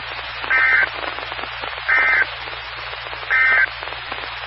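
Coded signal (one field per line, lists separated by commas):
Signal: Emergency Alert System (SAME) tones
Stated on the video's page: Morse ident of a 145.230 MHz Skywarn repeater.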